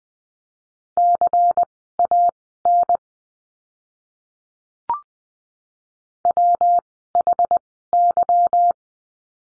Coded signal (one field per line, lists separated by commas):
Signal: Morse code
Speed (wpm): 20 wpm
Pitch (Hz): 700 Hz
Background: none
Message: CAN WHY